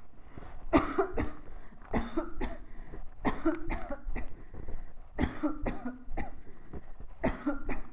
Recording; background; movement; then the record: voluntary coughing; quiet; walking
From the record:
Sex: female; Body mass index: 22.6 kg/m2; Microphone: on the chest, facing the body